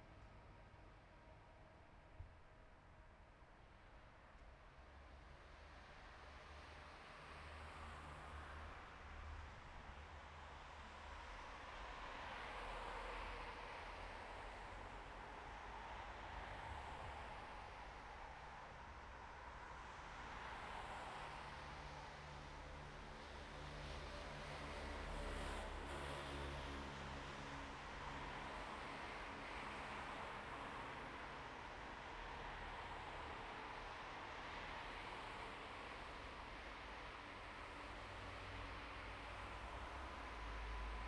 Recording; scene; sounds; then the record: everyday scene through a hearing-aid microphone; in traffic; traffic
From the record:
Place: bus stop on a city main road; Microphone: behind the ear, right, rear